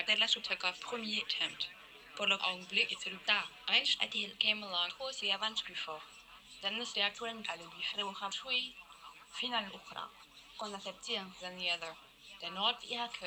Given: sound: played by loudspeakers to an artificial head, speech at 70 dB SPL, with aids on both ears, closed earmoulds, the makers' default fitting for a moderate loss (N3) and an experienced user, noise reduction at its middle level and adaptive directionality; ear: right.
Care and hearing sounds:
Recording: speech test signal (ISTS) in cocktail-party noise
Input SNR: +9 dB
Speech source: on the right (90 degrees)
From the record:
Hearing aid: class 1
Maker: I

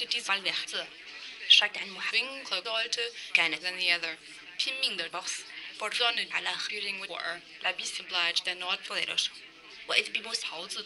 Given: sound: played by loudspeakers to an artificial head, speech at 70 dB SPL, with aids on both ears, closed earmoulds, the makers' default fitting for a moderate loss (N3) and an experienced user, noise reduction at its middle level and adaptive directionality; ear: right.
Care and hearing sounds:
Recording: speech test signal (ISTS) in cocktail-party noise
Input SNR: +9 dB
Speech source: in front (0 degrees)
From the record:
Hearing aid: class 2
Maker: B

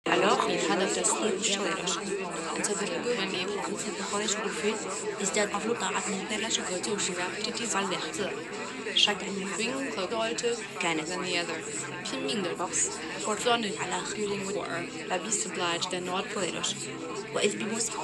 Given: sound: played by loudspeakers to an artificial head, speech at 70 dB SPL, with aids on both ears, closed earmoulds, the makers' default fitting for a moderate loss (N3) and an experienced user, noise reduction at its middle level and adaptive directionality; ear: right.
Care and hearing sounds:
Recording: speech test signal (ISTS) in cocktail-party noise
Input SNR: -6 dB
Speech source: in front (0 degrees)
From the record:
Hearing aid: class 2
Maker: E

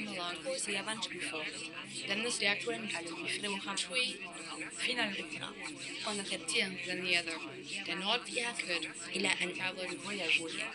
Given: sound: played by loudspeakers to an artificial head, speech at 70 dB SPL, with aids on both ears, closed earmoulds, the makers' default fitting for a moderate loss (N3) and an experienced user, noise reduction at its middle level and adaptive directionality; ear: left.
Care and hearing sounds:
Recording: speech test signal (ISTS) in cocktail-party noise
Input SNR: -3 dB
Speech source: in front (0 degrees)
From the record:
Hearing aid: class 2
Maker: C

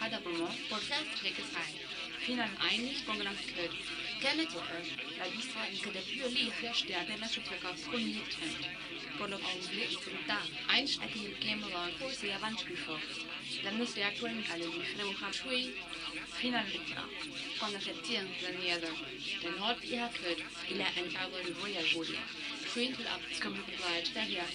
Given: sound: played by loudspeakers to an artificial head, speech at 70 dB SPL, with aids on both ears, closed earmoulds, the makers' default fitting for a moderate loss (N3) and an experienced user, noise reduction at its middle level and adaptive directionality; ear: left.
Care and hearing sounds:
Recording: speech test signal (ISTS) in cocktail-party noise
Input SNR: +6 dB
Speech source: on the right (90 degrees)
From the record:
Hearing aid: class 2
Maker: D

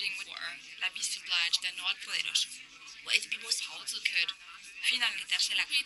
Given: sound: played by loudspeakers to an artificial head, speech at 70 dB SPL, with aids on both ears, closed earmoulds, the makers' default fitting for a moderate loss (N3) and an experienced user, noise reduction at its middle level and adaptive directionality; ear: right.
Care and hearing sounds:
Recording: speech test signal (ISTS) in cocktail-party noise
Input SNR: +6 dB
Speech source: in front (0 degrees)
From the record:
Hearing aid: class 2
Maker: H

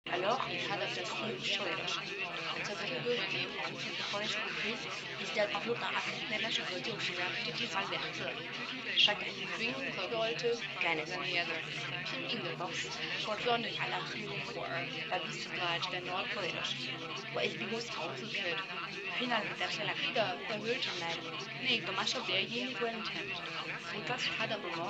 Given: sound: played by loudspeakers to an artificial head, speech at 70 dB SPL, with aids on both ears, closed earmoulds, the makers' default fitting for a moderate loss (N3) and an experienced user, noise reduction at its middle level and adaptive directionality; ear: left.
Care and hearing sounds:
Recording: speech test signal (ISTS) in cocktail-party noise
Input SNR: -3 dB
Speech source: in front (0 degrees)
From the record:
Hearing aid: class 1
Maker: F

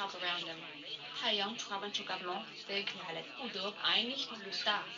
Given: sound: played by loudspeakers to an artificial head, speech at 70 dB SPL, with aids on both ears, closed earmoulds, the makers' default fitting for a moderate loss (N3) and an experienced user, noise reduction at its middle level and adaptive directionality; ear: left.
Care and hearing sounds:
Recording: speech test signal (ISTS) in cocktail-party noise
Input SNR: +9 dB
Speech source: on the right (90 degrees)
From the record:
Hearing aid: class 1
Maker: G

